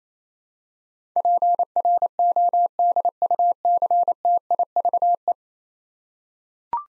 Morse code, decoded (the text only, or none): PRODUCTIVE